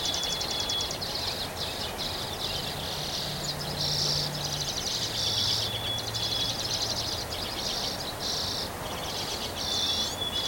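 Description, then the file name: Dense bird chorus of fast buzzy phrases and scattered high whistles, with a low hum briefly underneath and constant background noise. Recorded on 3 May 2023. "bird song 20230503"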